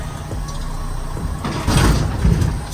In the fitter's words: я почувствував щелчок